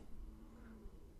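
A low, rumbling gurgle lasts about a second, with a faint steady drone and a brief rising squeak partway through, all at low volume. This is an adult man's stomach growling (borborygmi), the ordinary sound of gas and fluid moving through the gut.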